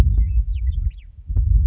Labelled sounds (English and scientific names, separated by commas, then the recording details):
Western Meadowlark (Sturnella neglecta)
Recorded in Sonoma County, California